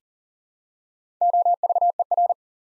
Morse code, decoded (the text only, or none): OVER